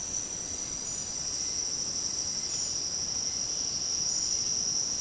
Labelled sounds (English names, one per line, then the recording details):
none
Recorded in secondary vegetation near Puerto Asís, Putumayo, Colombia, on 19 February 2024 at 08:00
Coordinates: 0.489, -76.322
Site G6419